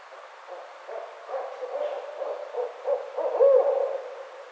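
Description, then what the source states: Barred owl giving a rapid, uneven run of low hoots that build to a louder, drawn-out, slurred final hoot. Recorded on 29 May 2009.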